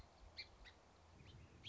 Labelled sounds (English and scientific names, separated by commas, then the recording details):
Song Sparrow (Melospiza melodia)
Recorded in Sonoma County, California